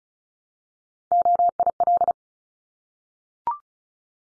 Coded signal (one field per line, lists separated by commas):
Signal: Morse code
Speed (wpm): 36 wpm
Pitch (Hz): 700 Hz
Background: none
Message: OIL